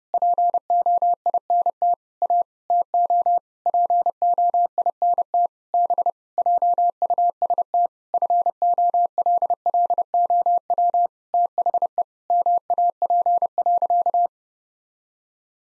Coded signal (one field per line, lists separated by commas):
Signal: Morse code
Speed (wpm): 32 wpm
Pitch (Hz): 700 Hz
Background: none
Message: POINT A TO POINT B JUST FOLLOW THE MAP.